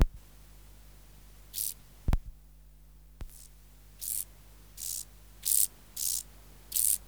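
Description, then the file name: Common field grasshopper song: several brief rasping chirps, mostly in the second half, with a couple of sharp clicks in between. "Chorthippus brunneus"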